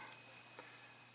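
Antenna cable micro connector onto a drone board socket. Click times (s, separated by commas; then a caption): 0.5 s. A small antenna cable micro connector is pressed down onto a socket on a drone board after being patiently positioned. A faint, sharp click is heard at 0.5 s against a steady low hum, and a softer tick follows shortly after. The connector seats in its socket.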